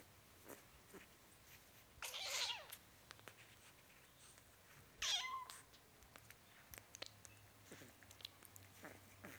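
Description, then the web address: Cat: kitten meowing, two short high-pitched cries a few seconds apart, with faint clicks and soft background noise between them. Four-week-old kitten, meowing. "BBC Sound Effects Library. Cats 07 Four Week Old Kitten, Meowing"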